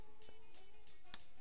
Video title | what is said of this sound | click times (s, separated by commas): Questa mini smerigliatrice ci sta in tasca! Topshak TS-MG1 - unboxing, test e recensione | Io adesso vado ad inserire prima la carta vetrata, quindi chiudo qua finché non scatta e poi chiudo bene questo | 1.1 s